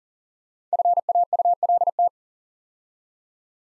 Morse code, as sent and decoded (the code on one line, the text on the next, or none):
..-. .- ..- .-.. -
FAULT